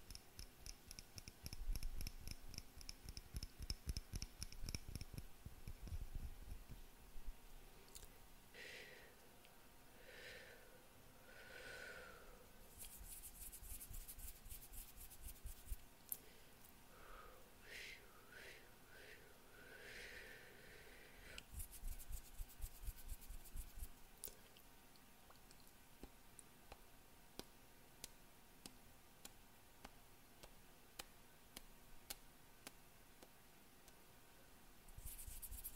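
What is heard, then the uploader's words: ASMR hand movements and mouth sounds: soft rubbing and rustling run throughout, with bursts of crisp, bright crackling around 1–7, 13–16 and 21–24 seconds. Between them come short wet mouth clicks and breathy puffs, several clustered near 8–12 and 17–21 seconds. ASMR PLUCKING NEGATIVE ENERGY, ASMR NO TALKING, ASMR CANDLE, ASMR HAND MOVEMENTS MOUTH SOUNDS.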